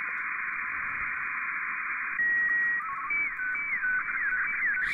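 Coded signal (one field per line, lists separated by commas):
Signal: SSTV (slow-scan television)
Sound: hiss, then a steady high tone, a short warbling burst, then tones stepping between pitches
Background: radio static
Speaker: so here we go you could see that there's a decode happening for slow scan television now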